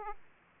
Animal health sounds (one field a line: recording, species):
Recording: mosquito wingbeat signal from an infrared sensor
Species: Aedes aegypti